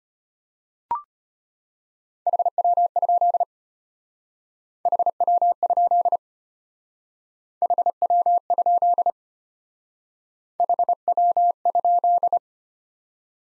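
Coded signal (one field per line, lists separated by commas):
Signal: Morse code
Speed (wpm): 32 wpm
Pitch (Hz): 700 Hz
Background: none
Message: HW? HW? HW? HW?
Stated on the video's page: Morse practice of the top 20 QSO elements, starting fast and slowing to a 25 wpm base; fastest speed 1.5 times base, final repeat at maximum speed.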